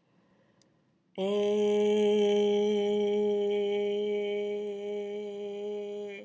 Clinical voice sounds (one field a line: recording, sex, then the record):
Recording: sustained vowel /e/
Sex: female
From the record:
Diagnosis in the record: healthy control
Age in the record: 60 years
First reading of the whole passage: 59 s, 7.9 characters per second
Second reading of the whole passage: 55 s, 8.5 characters per second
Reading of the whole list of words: 44 s, 6.4 characters per second